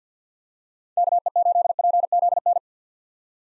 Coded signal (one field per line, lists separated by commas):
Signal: Morse code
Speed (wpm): 49 wpm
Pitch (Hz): 700 Hz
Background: none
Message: KE8PZN